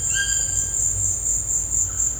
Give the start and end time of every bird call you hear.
[0.00, 0.89] bird call

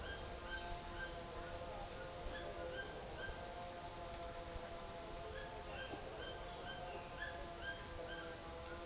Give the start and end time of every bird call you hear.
[0.00, 3.33] bird call
[5.36, 8.85] bird call

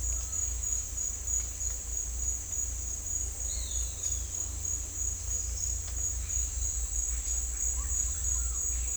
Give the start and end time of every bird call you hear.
[3.47, 4.24] bird call

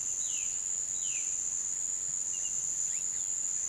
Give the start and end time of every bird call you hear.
[0.00, 1.40] bird call

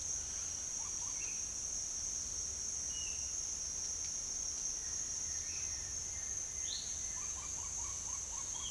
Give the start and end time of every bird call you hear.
[0.00, 3.23] bird call
[4.71, 8.71] bird call

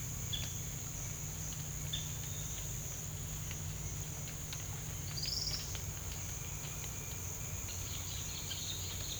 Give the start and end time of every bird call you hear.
[5.06, 5.64] bird call
[7.54, 9.19] bird call

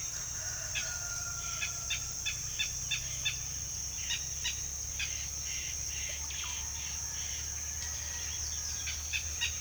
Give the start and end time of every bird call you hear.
[0.69, 3.42] bird call
[3.98, 5.20] bird call
[8.80, 9.60] bird call

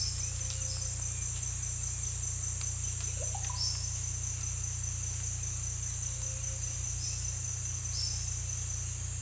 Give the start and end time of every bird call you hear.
[3.03, 3.60] bird call

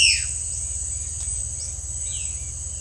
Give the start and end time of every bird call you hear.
[0.00, 0.76] bird call
[1.87, 2.48] bird call

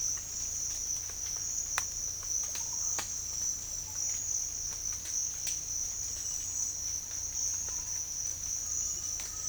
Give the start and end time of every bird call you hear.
[2.46, 2.88] bird call

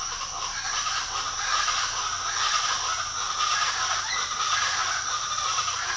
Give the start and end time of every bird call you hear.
[0.00, 5.97] bird call

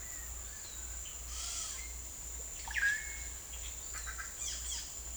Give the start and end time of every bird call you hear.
[1.28, 1.80] bird call
[2.49, 3.29] bird call
[3.89, 4.82] bird call

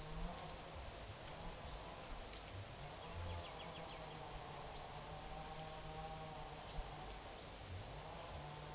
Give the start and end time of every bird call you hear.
[0.00, 8.14] bird call

